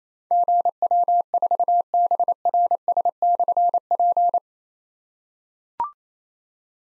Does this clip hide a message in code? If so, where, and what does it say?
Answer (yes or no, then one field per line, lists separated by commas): yes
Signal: Morse code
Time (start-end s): 0.3-4.4 s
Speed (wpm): 27 wpm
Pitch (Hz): 700 Hz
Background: none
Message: GW4BRS/P